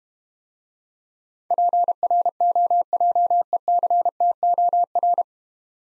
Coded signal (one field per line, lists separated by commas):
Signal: Morse code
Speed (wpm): 32 wpm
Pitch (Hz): 700 Hz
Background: none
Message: PROJECTOR